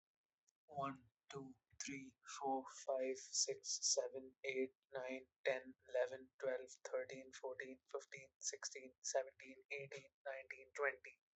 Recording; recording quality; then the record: counting at a normal pace; excellent, no background noise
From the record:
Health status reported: healthy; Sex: male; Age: 22 years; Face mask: not worn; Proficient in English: yes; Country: India